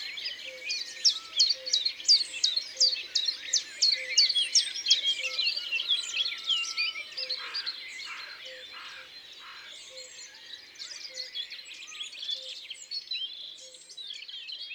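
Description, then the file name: Common chiffchaff singing a brisk series of repeated two-pitched notes for several seconds, then other birds chirping more softly as the song stops. "Pouillot veloce ABC des chants doiseaux"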